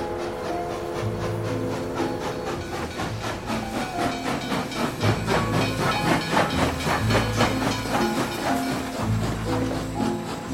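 A steam train chugs along steadily with a continuous hiss, its rapid rhythmic chuffing and low rumbling tones holding at an even, moderately loud level, with no voices.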